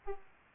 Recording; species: mosquito wingbeat signal from an infrared sensor; Aedes aegypti